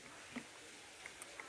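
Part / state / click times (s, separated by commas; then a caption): tensioning/locking knob on electric chainsaw bar cover / not seated / none. The tensioning/locking knob on an electric chainsaw's bar cover is turned to the right so the part engages, giving a few small ticks near 0.4, 1.1, 1.2 and 1.4 seconds over a steady low background. Nothing has seated or clicked into place yet.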